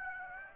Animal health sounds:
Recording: mosquito wingbeat signal from an infrared sensor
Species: Aedes aegypti

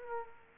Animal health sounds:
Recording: mosquito wingbeat signal from an infrared sensor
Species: Culex quinquefasciatus

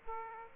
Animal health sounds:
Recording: mosquito wingbeat signal from an infrared sensor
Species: Aedes aegypti

